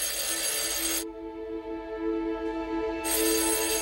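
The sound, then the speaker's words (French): A telephone rings with steady, bright electronic tones, a harmonic buzzing ring that stops briefly between bursts and then resumes, heard alone without any voices; a call to Edith Cresson from François Mitterrand in 1991. “Quelques jours avant cette annonce, elle reçoit un coup de téléphone.”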